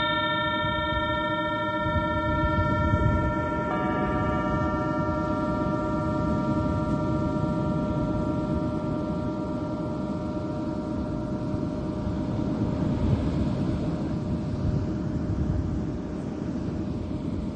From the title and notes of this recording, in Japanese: メキシコから シンギングボウルのサウンドヒーリング ライブ。